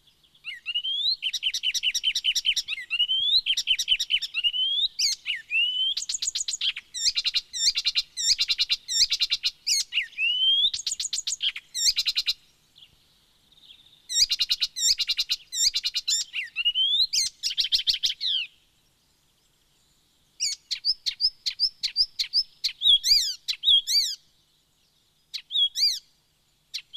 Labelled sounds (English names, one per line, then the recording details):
Icterine Warbler song
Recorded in the wild
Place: Speyer, Rheinland-Pfalz, DE
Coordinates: 49.3172, 8.4425
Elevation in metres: 100
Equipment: Uher 4000 Report, Sennheiser MKH 815 T
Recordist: Tretzel, Erwin
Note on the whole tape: südlich Speyer, 1986: Erregungslaute, dann Gesang